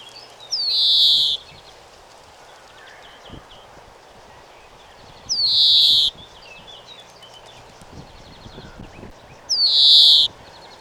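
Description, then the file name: European greenfinch calling three times at intervals of a few seconds, each call a sharp rising note drawn into a long buzzy wheeze. "Chloris chloris"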